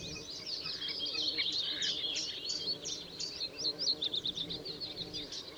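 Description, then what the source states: Bluethroat song, a rapid, varied stream of high chattering and twangy notes running without pause over a steady hiss of background noise. Recorded at Schurrsee on 13 April 2014.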